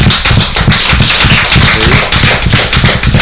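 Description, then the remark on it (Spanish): Applause from a group for the good questions asked in a radio interview, a dense continuous patter of many hands clapping at once, loud and steady throughout with no voices over it. “Que os merecéis un aplauso porque han sido muy buenas preguntas.”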